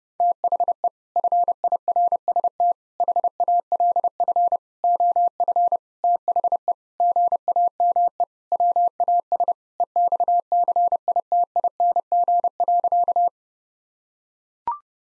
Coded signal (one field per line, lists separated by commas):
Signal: Morse code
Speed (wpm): 30 wpm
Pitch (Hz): 700 Hz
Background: none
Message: THE FIRST HALF OF THE GAME WAS EXCITING.